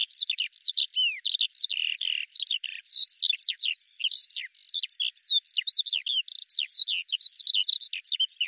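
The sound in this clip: Eurasian skylark pouring out a dense, ceaseless warble of high, jumbled chirps and downslurred notes, varied and hurried throughout the recording.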